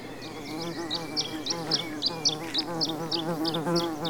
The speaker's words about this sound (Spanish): Puta abejorro.